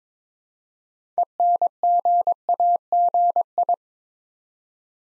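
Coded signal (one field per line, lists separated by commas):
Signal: Morse code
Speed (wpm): 22 wpm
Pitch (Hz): 700 Hz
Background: none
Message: ENGAGI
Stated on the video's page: Morse practice set at 22 wpm building 8-letter words two letters at a time, for ICR training.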